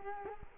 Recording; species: mosquito wingbeat signal from an infrared sensor; Culex quinquefasciatus